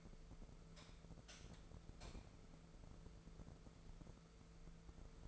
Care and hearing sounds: daily activity, microphone in the room; light on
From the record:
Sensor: 5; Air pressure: 1014.7 hPa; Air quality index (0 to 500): 156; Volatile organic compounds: 5 ppm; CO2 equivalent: 1716 ppm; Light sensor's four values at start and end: 133/319/134/144 and 99/241/100/106

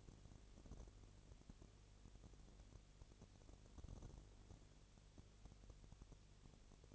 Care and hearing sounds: daily activity, microphone in the room; no activity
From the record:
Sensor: 4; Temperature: 22.6 degrees Celsius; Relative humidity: 32.0%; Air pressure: 1008.1 hPa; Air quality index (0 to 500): 114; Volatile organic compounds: 2 ppm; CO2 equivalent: 1103 ppm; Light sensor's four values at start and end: 2/3/1/1 and 2/3/1/1

